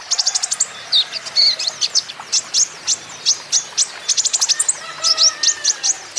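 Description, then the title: Van Hasselt's sunbird, loud high chips in fast rattling series, with clipped whistled notes mixed in and barely any gap between phrases. Green-plumaged (ijoan) bird singing actively (gacor); song used as a lure and therapy to prompt caged Van Hasselt's sunbirds to sing in reply. "KOLIBRI NINJA KONIN IJOAN GACOR COCOK UNTUK PANCINGAN TERAPI KONIN BAHAN PASTI NYAUT"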